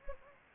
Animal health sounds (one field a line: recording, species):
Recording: mosquito wingbeat signal from an infrared sensor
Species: Anopheles gambiae